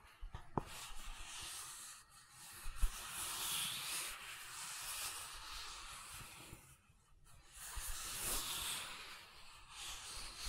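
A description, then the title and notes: Gentle silicone sounds: soft, hissy rubbing and squeaking strokes that run in long sustained passes, with brief pauses near two seconds, around seven seconds, and just before the end. A couple of small taps land early, near the first and third seconds. ASMR Gentle Silicon Sounds for Sleep (No Talking).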